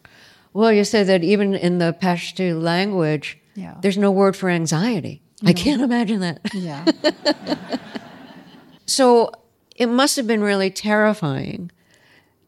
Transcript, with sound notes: Well, you said that even in the Pashto language...
Yeah.
...There's no word for anxiety. I can't imagine that.
Yeah.
(LAUGHTER)
So, it must have been really terrifying.